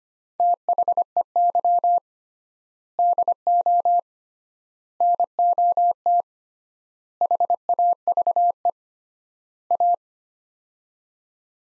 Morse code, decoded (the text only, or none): THEY DO NOT HAVE A